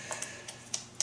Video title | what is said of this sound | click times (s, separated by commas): Monkey Feet Review - Hamstring Training Equipment | and it's not going to come loose this really locks in place very very solidly | 0.1 s, 0.2 s, 0.5 s, 0.7 s, 1.0 s